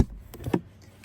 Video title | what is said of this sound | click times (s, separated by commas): How To Hardwire a Dash cam on a Jeep Gladiator / Wrangler | Hear it pop out. | 0.3 s, 0.5 s